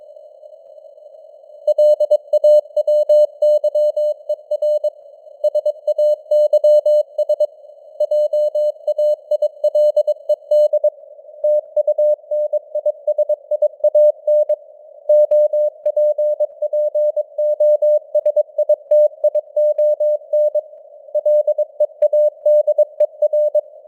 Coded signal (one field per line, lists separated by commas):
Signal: Morse code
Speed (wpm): 22 wpm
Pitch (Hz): 600 Hz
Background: none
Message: LAWYER SAYS JAILED TUNISIAN OPPOSITION LEADER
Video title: Morse Code News | 2025-11-13 | 22wpm